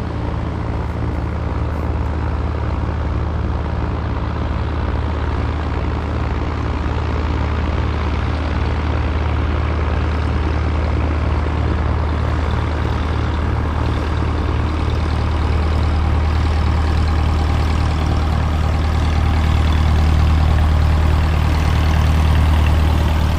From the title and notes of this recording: Archerfield Light Aircraft (field recording). Composite field sound recording from Archerfield Airport near Brisbane, Australia. Sound recording by G R Legge, 24 bit, 192kHz with a Sony PCM-D100.